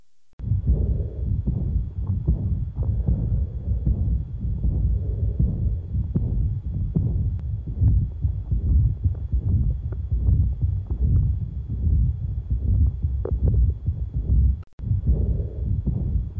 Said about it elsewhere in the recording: At the left lower sternal border. You'll hear an early diastolic decrescendo murmur. It's fairly loud. Severe aortic valve insufficiency.